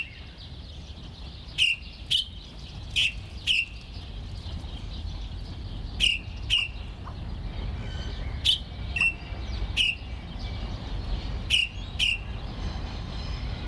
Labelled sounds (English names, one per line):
Golden-breasted Starling